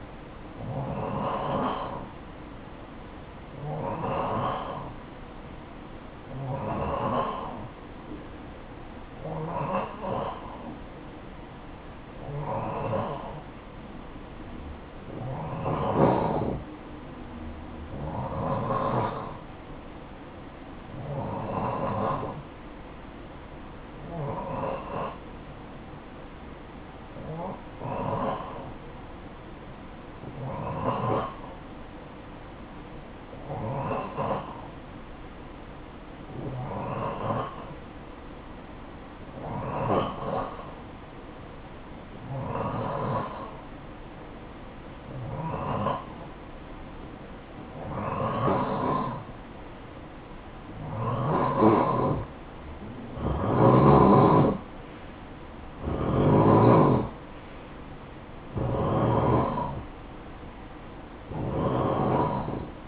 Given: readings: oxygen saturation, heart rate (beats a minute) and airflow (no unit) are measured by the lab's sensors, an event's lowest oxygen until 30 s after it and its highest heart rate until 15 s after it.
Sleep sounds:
breathing in sleep by a voice recorder at the bedside; none
none scored
From the record:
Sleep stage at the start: N2 (light sleep); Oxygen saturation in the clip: 88 to 91%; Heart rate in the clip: 52 to 61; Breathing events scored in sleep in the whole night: 573 in 9.8 hours asleep

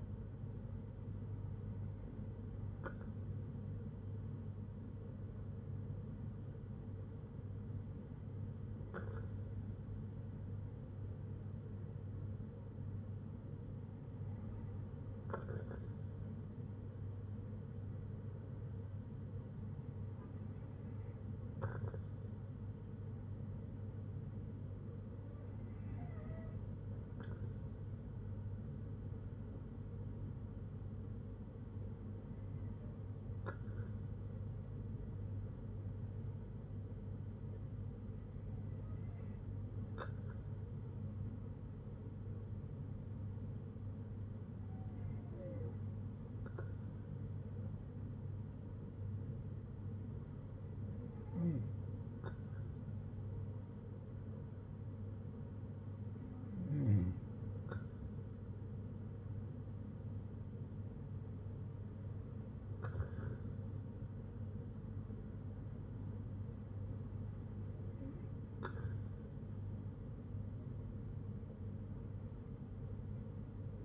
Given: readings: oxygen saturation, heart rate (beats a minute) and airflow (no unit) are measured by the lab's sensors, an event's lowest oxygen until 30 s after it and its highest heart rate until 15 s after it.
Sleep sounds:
breathing in sleep by a smartphone at the bedside; none
none scored
From the record:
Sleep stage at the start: N2 (light sleep); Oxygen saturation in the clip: 94 to 95%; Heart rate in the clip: 59 to 65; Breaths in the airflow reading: 12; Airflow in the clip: -6.4 to 4.5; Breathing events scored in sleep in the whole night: 182 in 7.4 hours asleep

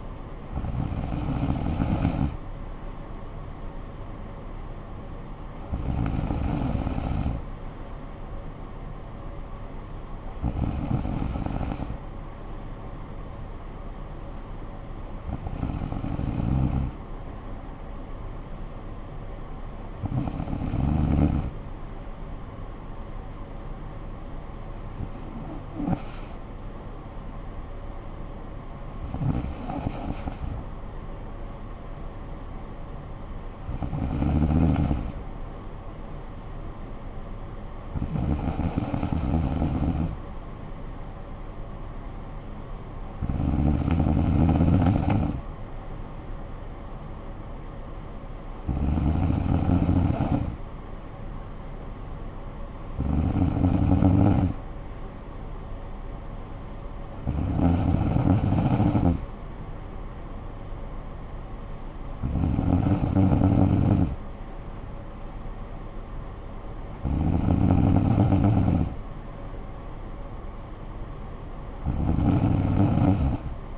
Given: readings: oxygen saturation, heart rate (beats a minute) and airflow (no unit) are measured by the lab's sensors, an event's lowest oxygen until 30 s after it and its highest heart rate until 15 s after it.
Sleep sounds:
breathing in sleep by a smartphone at the bedside; none
27.00-73.77 s: new sleep stage, N2 (light sleep)
From the record:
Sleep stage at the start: N3 (deep sleep); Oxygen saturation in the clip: 94 to 95%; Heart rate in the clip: 52 to 57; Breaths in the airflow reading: 16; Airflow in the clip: -10.1 to 6.8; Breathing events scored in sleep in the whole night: 445 in 7.6 hours asleep

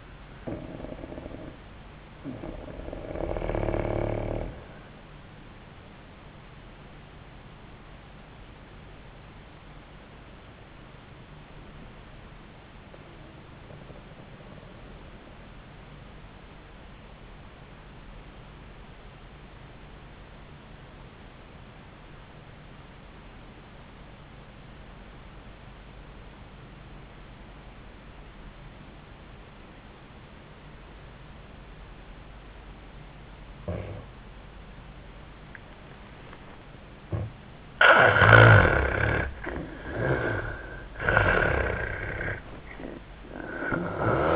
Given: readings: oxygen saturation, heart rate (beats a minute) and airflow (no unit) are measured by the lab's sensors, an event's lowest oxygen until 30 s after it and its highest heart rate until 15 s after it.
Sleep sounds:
breathing in sleep by a voice recorder at the bedside; 1
2.00-44.35 s: new sleep stage, N1 (lightest sleep)
12.00-32.90 s: obstructive apnea (N1, oxygen 98% highest, then 75% lowest, heart rate 71 at the start, 88 highest)
From the record:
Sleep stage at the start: N2 (light sleep); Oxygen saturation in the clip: 79 to 98%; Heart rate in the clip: 67 to 88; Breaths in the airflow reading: 5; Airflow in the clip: -21.7 to 5.6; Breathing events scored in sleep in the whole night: 400 in 8.7 hours asleep

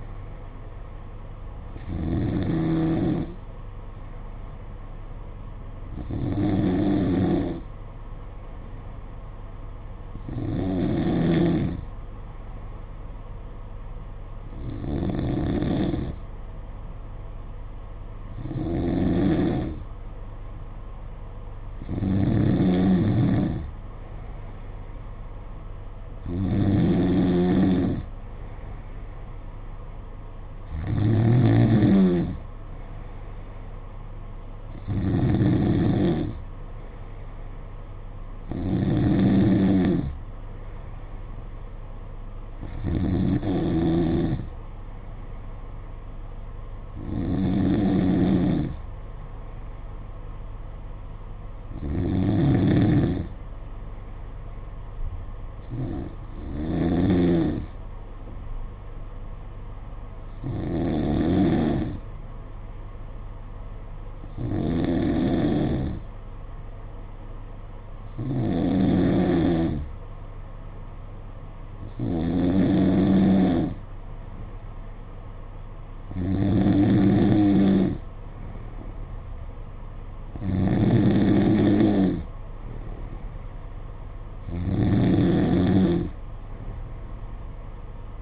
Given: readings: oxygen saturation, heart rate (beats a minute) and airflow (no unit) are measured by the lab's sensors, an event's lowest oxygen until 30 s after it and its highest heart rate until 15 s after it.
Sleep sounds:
breathing in sleep by a smartphone at the bedside; none
none scored
From the record:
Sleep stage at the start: N2 (light sleep); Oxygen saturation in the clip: 92 to 93%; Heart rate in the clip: 53 to 59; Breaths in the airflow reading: 21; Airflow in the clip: -5.1 to 4.0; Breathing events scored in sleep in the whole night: 476 in 9.7 hours asleep

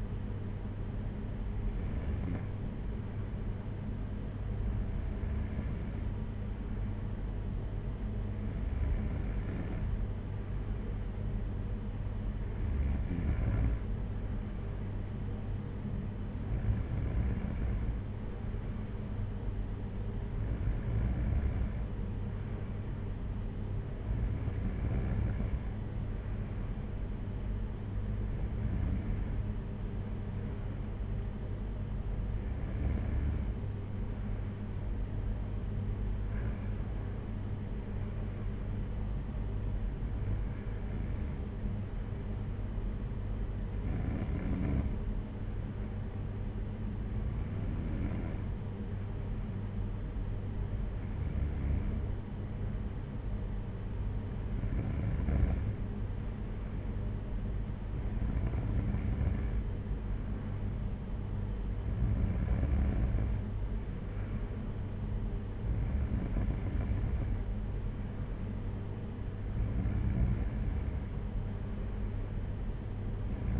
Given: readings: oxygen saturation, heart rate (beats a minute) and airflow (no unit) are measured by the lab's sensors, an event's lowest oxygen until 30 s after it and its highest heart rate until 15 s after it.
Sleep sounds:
breathing in sleep by a smartphone at the bedside; none
none scored
From the record:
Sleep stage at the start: N3 (deep sleep); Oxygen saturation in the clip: 94%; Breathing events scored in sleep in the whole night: 226 in 8.8 hours asleep

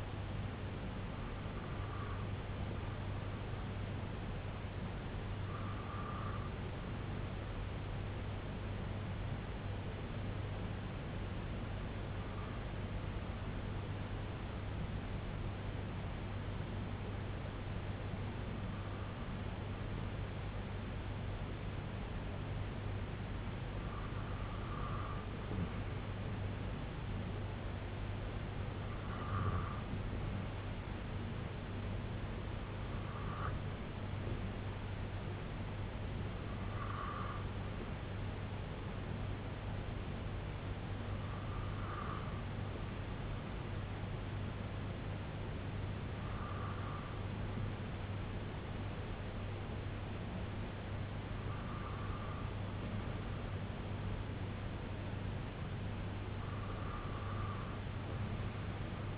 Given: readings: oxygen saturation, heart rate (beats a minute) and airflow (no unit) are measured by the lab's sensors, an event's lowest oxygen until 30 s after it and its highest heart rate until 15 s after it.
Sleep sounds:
breathing in sleep by a voice recorder at the bedside; 1
6.00-25.50 s: hypopnea (N1, oxygen 96% highest, then 93% lowest, heart rate 73 at the start, 73 highest)
57.00-59.18 s: new sleep stage, N2 (light sleep)
From the record:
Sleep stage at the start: N1 (lightest sleep); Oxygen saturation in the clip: 93 to 96%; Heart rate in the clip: 63 to 74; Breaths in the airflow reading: 12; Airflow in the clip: -4.9 to 2.4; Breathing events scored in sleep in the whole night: 258 in 7.4 hours asleep

